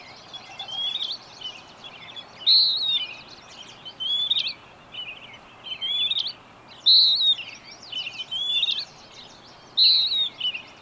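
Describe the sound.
Bird song: a loud bright whistled phrase recurring every few seconds, alternating with thinner whistles, against a busy background of chirps.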